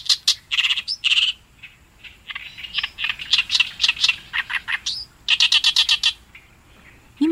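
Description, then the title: Oriental reed warbler song: a rasping, rhythmic chatter of harsh repeated syllables, delivered in rapid bursts over a quiet background. Recorded on the Tone River riverbank in Japan. "利根川河川敷のオオヨシキリ"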